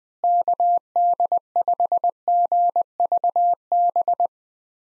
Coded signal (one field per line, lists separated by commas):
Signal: Morse code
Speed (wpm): 20 wpm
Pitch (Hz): 700 Hz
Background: none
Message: KD5GVB